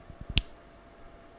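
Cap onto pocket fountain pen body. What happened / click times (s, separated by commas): The cap snapped shut onto the pen / 0.4 s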